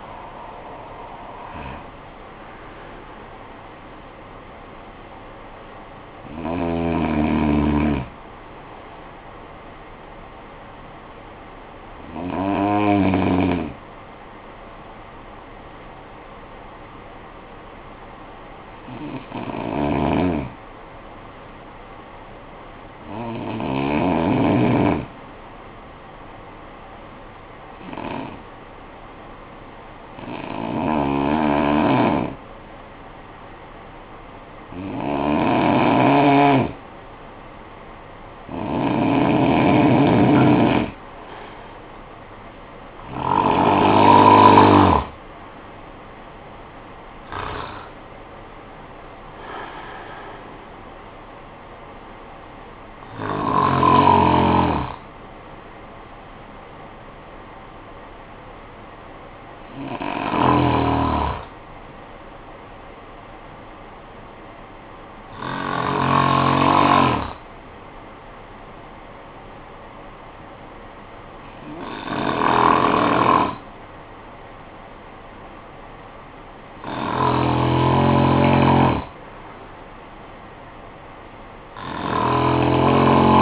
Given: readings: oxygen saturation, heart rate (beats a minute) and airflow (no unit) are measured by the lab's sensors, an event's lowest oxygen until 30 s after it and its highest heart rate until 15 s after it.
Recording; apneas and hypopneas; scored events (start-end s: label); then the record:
breathing in sleep by a voice recorder at the bedside; 2
16.00-37.60 s: hypopnea (N2, oxygen 96% highest, then 88% lowest, heart rate 51 at the start, 68 highest)
66.00-78.10 s: hypopnea (N2, oxygen 97% highest, then 93% lowest, heart rate 58 at the start, 58 highest)
From the record:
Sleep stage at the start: N2 (light sleep); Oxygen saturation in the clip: 88 to 97%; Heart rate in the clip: 50 to 68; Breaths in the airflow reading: 16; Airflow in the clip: -14.7 to 9.9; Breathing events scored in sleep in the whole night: 445 in 7.6 hours asleep